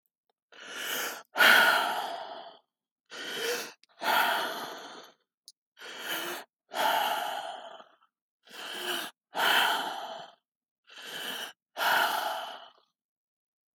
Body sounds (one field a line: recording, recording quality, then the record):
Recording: deep breathing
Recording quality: excellent, no background noise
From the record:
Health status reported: healthy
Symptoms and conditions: none ticked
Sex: male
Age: 28 years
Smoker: not ticked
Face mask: not worn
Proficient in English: yes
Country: United States